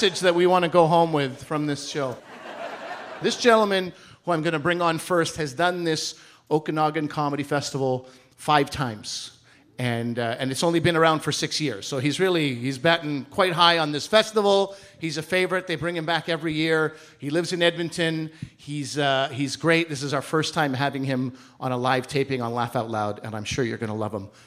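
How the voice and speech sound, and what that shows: A single adult male host speaks fluently at a comfortable conversational pace before a live audience in Lake Country, British Columbia, with clear articulation and brief natural pauses. Normal speech. Faint audience laughter sounds early on.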